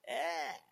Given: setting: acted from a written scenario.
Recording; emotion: vocal sound without words; ecstasy